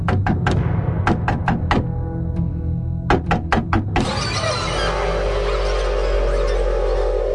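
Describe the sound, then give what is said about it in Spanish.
A woman knocks rapidly and forcefully on an apartment door in an old building after no one answers the doorbell, in several insistent bursts of three to five hard raps with short pauses between, then gives way to a steady, broad rushing noise. “Ella tocó el timbre y, como nadie abrió, golpeó la puerta con insistencia.”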